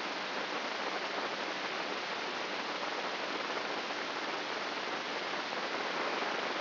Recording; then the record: brain microelectrode recording played as sound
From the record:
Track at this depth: inside the subthalamic nucleus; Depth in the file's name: 6.029 mm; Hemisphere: left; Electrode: 3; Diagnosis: Parkinson's disease